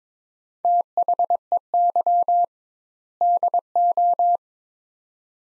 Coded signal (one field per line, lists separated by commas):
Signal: Morse code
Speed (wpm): 22 wpm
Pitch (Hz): 700 Hz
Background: none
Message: THEY DO